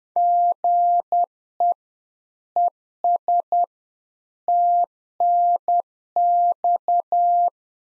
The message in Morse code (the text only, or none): GE ES TNX